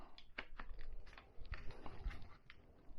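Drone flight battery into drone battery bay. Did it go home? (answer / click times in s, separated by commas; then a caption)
no / none. A drone flight battery pack is pushed into the drone's battery bay and its latch tabs are pressed down, producing a series of short taps, rubs and scrapes of plastic handling around 0.4, 0.6, 1.5 and 2.5 seconds. No latch click is heard; the battery has not clicked into place, so it cannot be told whether it is held, and it is tugged on.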